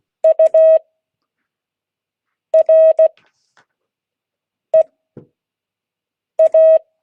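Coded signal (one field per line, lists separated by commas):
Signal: Morse code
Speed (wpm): 16 wpm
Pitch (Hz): 640 Hz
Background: none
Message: UREA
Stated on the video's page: Morse code class.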